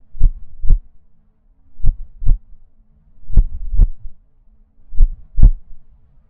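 Slow heartbeat, four lub-dub pairs of low thumping beats at about 37 beats per minute.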